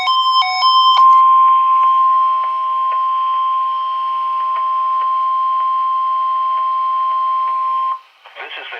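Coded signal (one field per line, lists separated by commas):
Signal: Emergency Alert System (SAME) tones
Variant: 1050 Hz attention tone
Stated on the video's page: Required Weekly Test from NOAA Weather Radio transmitter KIH-29.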